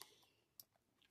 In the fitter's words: It's not catching. It doesn't snap. It's not snapping,